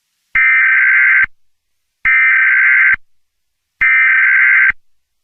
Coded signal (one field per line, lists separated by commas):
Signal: Emergency Alert System (SAME) tones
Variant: header bursts